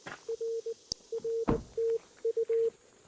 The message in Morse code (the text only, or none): R R TU